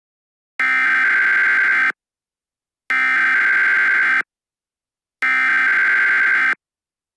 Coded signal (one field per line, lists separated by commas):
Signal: Emergency Alert System (SAME) tones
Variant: header bursts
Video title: EAS Tornado Warning Chicago